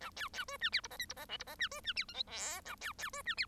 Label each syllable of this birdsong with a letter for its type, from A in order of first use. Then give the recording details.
A B B C D E F G H F G I F G D C D E J K L A B B C D E. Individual Bird1